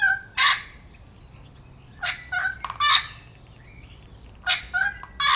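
Wattlebird giving loud, harsh, rasping bursts, several in quick succession, with short gaps between and softer whistled notes in the background.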